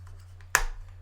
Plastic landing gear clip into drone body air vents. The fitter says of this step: You hear that snap. You hear both snaps. So it's snapped in both sides,